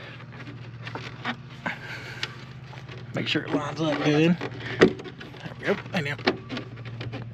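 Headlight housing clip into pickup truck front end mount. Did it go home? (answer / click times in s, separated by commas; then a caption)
no / none. A replacement headlight housing for a 2005 "Cat Eye" Chevy Silverado pickup is lined up with its plastic mounting clip on the outside edge of the truck's front end while someone talks. Brief handling taps and rustles come through under a steady low hum. The housing has not seated or clicked into the clip yet.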